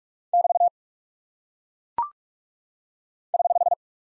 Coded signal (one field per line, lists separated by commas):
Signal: Morse code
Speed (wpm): 44 wpm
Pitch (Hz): 700 Hz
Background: none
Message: <BT> <HH>